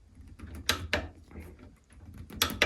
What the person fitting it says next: All right, you hear that click?